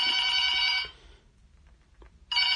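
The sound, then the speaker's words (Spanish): A telephone rings loudly in a bright, buzzing trill that lasts under a second, falls silent briefly, then starts ringing again at the end. “También lo pueden hacer por teléfono, cómo no.”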